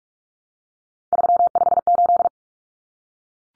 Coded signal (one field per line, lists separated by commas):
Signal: Morse code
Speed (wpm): 44 wpm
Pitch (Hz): 700 Hz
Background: none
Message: 358